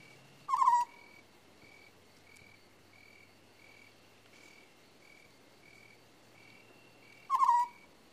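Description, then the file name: Owl gives two harsh, downward-sliding screeches about seven seconds apart, while a steady, high, pulsing trill repeats evenly in the background. Owl calling at night with crickets in the background. "priroda noch sverchki sova izdaet zvuki"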